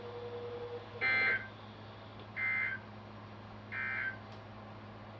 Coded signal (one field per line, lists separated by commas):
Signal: Emergency Alert System (SAME) tones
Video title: FLW on 6 stations (2/15/25) EAS 3002-3007